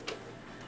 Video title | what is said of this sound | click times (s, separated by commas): Ninja Twisti ss151 High Speed Blender Duo Review Unboxing and How to Use | It's a soft click, so you won't hear it unless you're like standing right up next to it. | 0.1 s